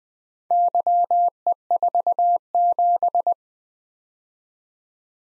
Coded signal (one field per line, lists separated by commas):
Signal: Morse code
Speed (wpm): 21 wpm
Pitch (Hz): 700 Hz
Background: none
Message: YE47